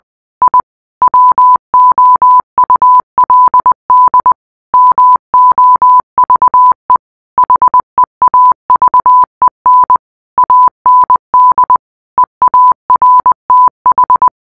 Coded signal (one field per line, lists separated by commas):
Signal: Morse code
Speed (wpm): 20 wpm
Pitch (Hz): 1000 Hz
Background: none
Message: I WOULD MOVE HEAVEN AND EARTH